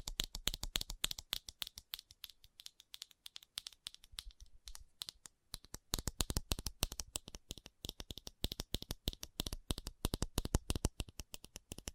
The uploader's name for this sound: ASMR Fast Tapping